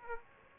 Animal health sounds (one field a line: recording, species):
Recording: mosquito wingbeat signal from an infrared sensor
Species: Aedes aegypti